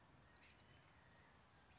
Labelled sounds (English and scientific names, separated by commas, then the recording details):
California Towhee (Melozone crissalis)
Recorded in Sonoma County, California